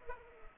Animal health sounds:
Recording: mosquito wingbeat signal from an infrared sensor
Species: Culex pipiens

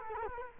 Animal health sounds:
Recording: mosquito wingbeat signal from an infrared sensor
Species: Culex quinquefasciatus

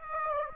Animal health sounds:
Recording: mosquito wingbeat signal from an infrared sensor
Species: Aedes aegypti

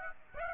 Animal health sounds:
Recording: mosquito wingbeat signal from an infrared sensor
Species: Aedes aegypti

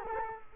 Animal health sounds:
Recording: mosquito wingbeat signal from an infrared sensor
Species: Culex quinquefasciatus

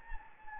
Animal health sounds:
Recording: mosquito wingbeat signal from an infrared sensor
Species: Anopheles gambiae

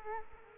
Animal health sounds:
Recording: mosquito wingbeat signal from an infrared sensor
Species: Culex quinquefasciatus

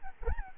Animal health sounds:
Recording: mosquito wingbeat signal from an infrared sensor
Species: Aedes albopictus

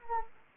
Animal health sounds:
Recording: mosquito wingbeat signal from an infrared sensor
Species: Anopheles arabiensis

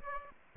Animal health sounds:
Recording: mosquito wingbeat signal from an infrared sensor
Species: Aedes aegypti

